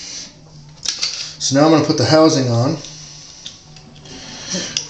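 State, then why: Seated. Someone talks while the plastic housing of a toy lightsaber kit is pushed back onto the hilt over the sensor, which is held in place so a blade clash makes a noise. Small handling clicks and rustles lead up to a sharp snap at 4.8 s as the housing seats in place.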